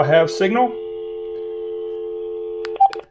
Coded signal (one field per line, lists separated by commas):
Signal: telephone call progress tone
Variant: North America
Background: speech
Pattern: dial tone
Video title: This Phone System SAVED My Relationship!! - AT&T 5 Handset Telephone answering system BL102-5